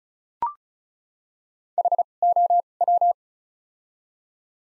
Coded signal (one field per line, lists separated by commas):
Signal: Morse code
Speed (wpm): 34 wpm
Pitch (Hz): 700 Hz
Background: none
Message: H O W